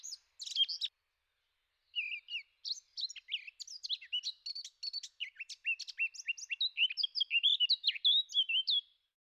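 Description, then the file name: Eurasian blackcap song opening with a short burst, then a pause, followed by a long rambling warble that swells into loud, clear whistled notes. "zwartkop"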